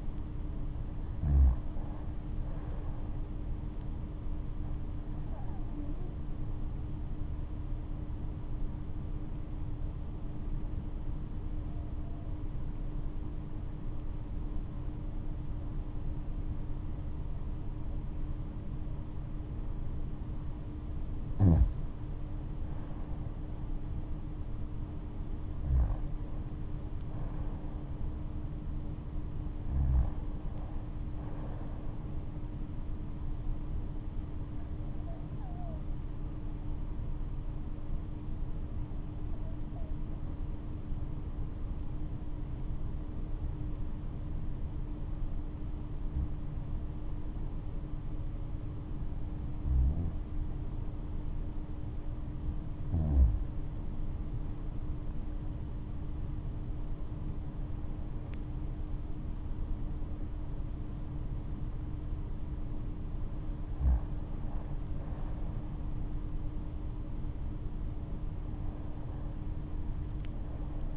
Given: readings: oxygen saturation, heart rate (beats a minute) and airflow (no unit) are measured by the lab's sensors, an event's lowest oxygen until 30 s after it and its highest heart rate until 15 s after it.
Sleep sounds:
breathing in sleep by a smartphone at the bedside; 2
7.00-24.10 s: hypopnea (REM, oxygen 95% highest, then 89% lowest, heart rate 78 at the start, 78 highest)
38.00-52.00 s: hypopnea (REM, oxygen 94% highest, then 91% lowest, heart rate 72 at the start, 81 highest)
From the record:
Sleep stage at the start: REM sleep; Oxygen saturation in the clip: 89 to 95%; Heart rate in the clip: 64 to 81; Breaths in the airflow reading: 16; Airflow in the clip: -10.2 to 13.2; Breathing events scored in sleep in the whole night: 228 in 5.4 hours asleep

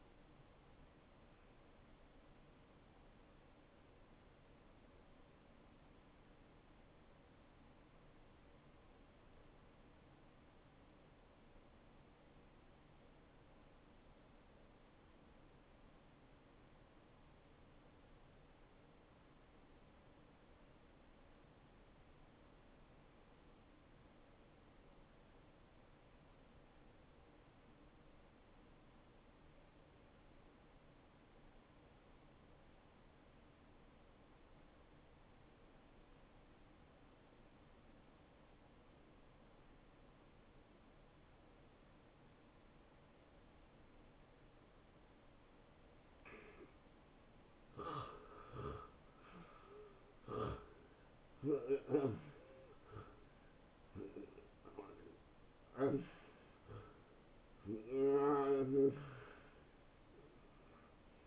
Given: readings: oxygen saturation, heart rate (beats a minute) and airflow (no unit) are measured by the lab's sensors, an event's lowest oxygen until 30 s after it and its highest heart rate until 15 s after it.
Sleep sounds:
breathing in sleep by a voice recorder at the bedside; 1
8.00-46.80 s: obstructive apnea (N1, oxygen 95% highest, then 82% lowest)
29.00-59.00 s: new sleep stage, N2 (light sleep)
59.00-61.27 s: new sleep stage, N1 (lightest sleep)
From the record:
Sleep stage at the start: N1 (lightest sleep); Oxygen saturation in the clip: 83 to 95%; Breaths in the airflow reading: 6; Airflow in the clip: -20.5 to 10.8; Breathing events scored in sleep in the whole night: 263 in 5.5 hours asleep

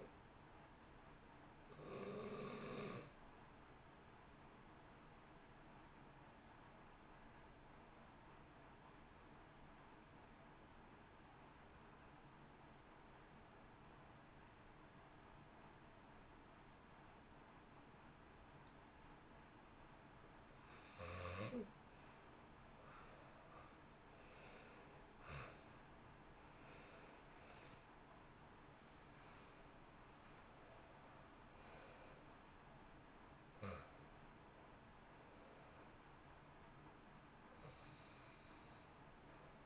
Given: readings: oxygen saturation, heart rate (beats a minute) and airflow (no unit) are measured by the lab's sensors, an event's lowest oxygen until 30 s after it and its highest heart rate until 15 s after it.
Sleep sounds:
breathing in sleep by a voice recorder at the bedside; 1
11.00-25.90 s: hypopnea (N2, oxygen 91% highest, then 78% lowest, heart rate 59 at the start, 72 highest)
33.00-39.66 s: new sleep stage, N1 (lightest sleep)
From the record:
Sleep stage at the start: N2 (light sleep); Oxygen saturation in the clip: 86 to 91%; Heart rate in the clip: 57 to 72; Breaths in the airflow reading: 15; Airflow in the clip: -1.8 to 3.0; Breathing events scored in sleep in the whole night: 328 in 6.3 hours asleep

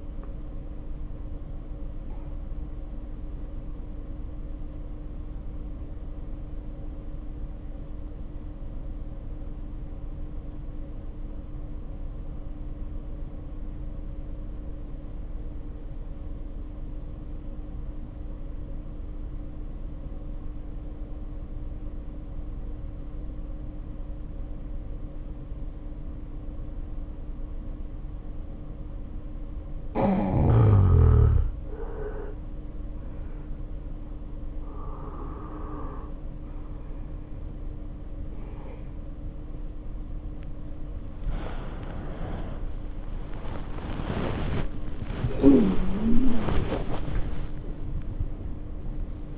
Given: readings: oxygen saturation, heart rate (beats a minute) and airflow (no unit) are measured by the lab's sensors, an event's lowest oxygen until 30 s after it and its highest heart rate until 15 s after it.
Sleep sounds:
breathing in sleep by a smartphone at the bedside; 1
4.00-39.10 s: hypopnea (N1, oxygen 94% highest, then 72% lowest, heart rate 51 at the start, 82 highest)
17.00-47.00 s: new sleep stage, N2 (light sleep)
47.00-49.37 s: new sleep stage, awake
From the record:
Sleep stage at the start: N1 (lightest sleep); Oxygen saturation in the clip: 75 to 94%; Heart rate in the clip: 49 to 78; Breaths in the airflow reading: 10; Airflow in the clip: -10.5 to 3.8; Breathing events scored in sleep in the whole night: 520 in 7.2 hours asleep

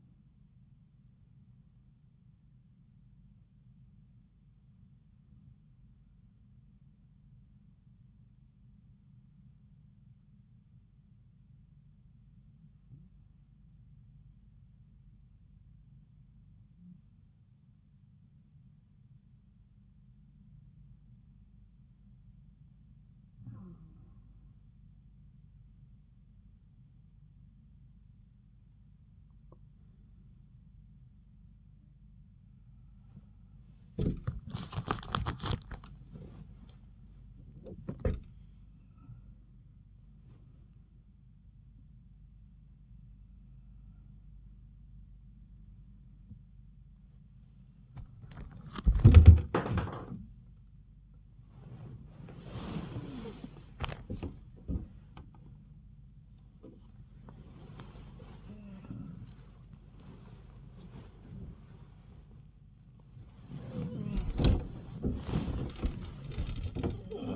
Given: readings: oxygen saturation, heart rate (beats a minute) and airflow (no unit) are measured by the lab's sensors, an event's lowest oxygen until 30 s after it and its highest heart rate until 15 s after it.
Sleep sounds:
a person awake in a sleep study, by a smartphone at the bedside; 1
7.00-32.60 s: hypopnea (N1, oxygen 95% highest, then 93% lowest)
19.00-67.35 s: new sleep stage, awake
29.00-67.35 s: awake
From the record:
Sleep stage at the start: N1 (lightest sleep); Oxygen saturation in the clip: 93 to 98%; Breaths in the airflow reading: 14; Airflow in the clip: -7.3 to 9.2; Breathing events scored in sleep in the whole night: 270 in 6.1 hours asleep

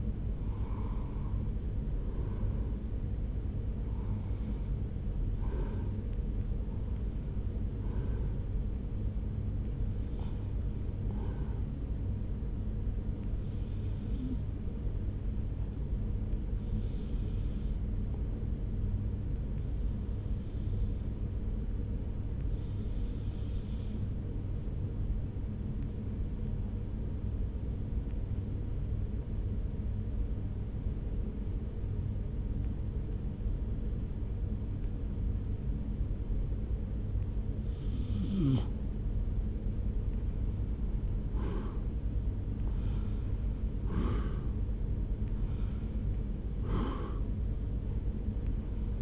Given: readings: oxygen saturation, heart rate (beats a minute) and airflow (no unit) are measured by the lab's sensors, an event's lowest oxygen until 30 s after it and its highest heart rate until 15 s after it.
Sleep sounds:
breathing in sleep by a smartphone at the bedside; 1
19.00-41.30 s: hypopnea (REM, oxygen 95% highest, then 79% lowest)
From the record:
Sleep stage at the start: REM sleep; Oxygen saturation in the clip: 79 to 95%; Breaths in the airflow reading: 14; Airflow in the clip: -1.3 to 1.9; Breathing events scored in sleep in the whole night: 335 in 6.7 hours asleep

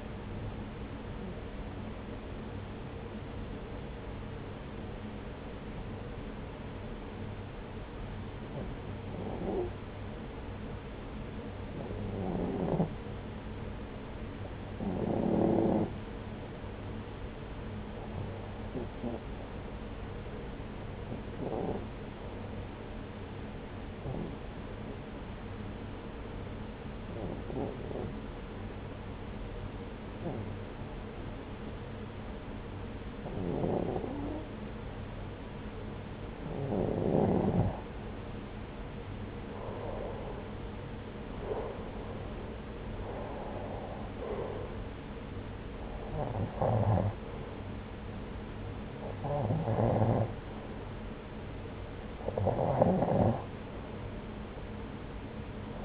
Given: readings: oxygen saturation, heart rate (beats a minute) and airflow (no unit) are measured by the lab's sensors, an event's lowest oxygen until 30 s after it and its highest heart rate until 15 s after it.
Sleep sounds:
breathing in sleep by a voice recorder at the bedside; 1
3.00-38.10 s: hypopnea (REM, oxygen 95% highest, then 92% lowest)
From the record:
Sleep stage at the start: REM sleep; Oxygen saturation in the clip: 93 to 95%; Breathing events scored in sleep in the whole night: 303 in 8.1 hours asleep

